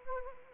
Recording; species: mosquito wingbeat signal from an infrared sensor; Anopheles arabiensis